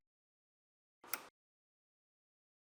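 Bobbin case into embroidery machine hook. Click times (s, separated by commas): 1.1 s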